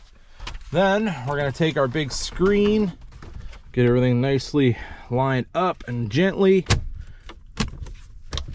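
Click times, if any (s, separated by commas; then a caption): 8.3 s, 8.4 s. Someone talks while lining up the large screen assembly and gently pressing the plastic dash screen bezel panel back into the truck dashboard. Two closely spaced sharp snaps at 8.3 and 8.4 seconds mark the retaining clips engaging. The panel is seated with its clips home.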